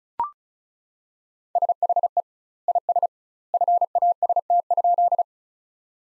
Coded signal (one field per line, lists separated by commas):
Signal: Morse code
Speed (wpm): 34 wpm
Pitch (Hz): 700 Hz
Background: none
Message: SHE IS FAST?